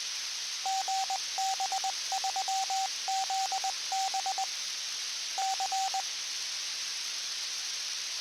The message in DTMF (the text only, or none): none